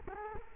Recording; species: mosquito wingbeat signal from an infrared sensor; Culex quinquefasciatus